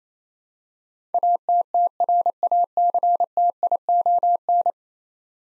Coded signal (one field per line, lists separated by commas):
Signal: Morse code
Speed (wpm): 28 wpm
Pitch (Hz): 700 Hz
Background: none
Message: ATTRACTION